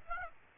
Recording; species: mosquito wingbeat signal from an infrared sensor; Aedes aegypti